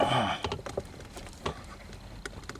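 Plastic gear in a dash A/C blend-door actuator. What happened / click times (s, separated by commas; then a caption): The plastic gear is being handled but has not yet snapped home / none. On a Chevy pickup whose A/C blows hot, the top plastic gear of the dash blend-door actuator is lined up with the other gear by hand and pushed back down while someone talks. Only light handling taps are heard, sharpest near 0.4 s and 1.5 s. Nothing has seated or clicked yet.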